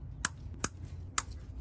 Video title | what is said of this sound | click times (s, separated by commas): Engine Head Gasket / Cracked Head Repair (Toyota 3.4L V6 5VZ-FE ) - Part 7 | and then I'm gonna plug in the spark plug wires into the coil packs just make sure they snap in place | 0.2 s, 0.6 s, 1.2 s